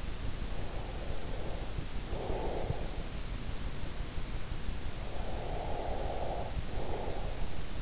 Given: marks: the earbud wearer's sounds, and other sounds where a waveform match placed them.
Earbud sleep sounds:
sounds in sleep by an in-ear microphone; breath
0.69-3.36 s: breath
4.95-7.72 s: breath

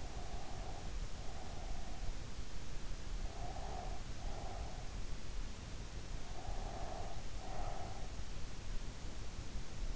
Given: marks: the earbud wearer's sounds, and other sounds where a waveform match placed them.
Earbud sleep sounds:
sounds in sleep by an in-ear microphone; breath
0.00-2.13 s: breath
3.34-5.01 s: breath
6.22-8.26 s: breath

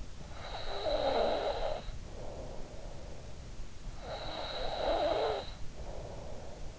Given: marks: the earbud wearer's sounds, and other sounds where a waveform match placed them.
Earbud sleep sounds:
sounds in sleep by an in-ear microphone; snoring breath
0.22-2.92 s: snoring breath
3.76-6.79 s: snoring breath

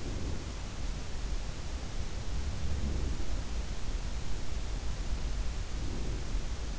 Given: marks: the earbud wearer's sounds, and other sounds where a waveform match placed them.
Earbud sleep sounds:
sounds in sleep by an in-ear microphone; breath
0.00-0.85 s: breath
2.37-3.92 s: sound from someone else or the room
2.70-3.92 s: breath
5.63-6.70 s: breath

